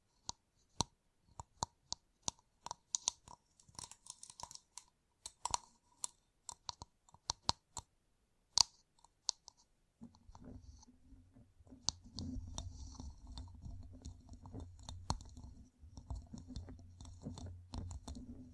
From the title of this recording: Gem Covered Fingertips Tapping and Scratching